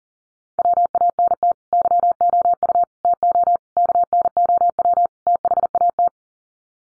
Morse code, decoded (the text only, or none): WANT YOU TO KNOW THAT